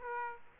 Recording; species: mosquito wingbeat signal from an infrared sensor; Aedes aegypti